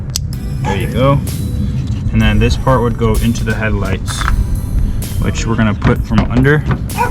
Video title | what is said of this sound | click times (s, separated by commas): Installation and Review(👍--🤔) of VLAND headlights for vw golf mk6. | just wait for the click there you | 0.2 s